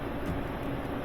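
A plastic piece in a washer transmission neutral drain assembly is handled and fitted over its mating part, with a steady low rumbling hum filling the clip. Nothing has seated or clicked yet.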